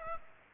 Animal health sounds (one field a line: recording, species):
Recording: mosquito wingbeat signal from an infrared sensor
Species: Aedes aegypti